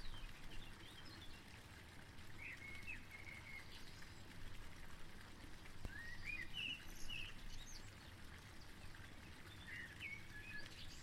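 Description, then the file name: Bird chirping in brief groups of sliding notes, spaced several seconds apart, while water rushes steadily throughout. Birds recorded together with water sounds. "Vogel und Wasser"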